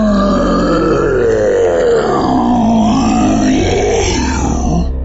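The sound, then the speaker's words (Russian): A menacing roar from a huge, living dinosaur in a children's story, heard behind the girl Ustinya. It is deep and rumbling, fills about five seconds, and stays loud and continuous, its low growling pitch sliding downward with a rough, guttural texture and no speech over it. “И тут раздался позади Устиньи грозный рев.”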